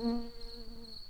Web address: bumblebees Pratorum-workers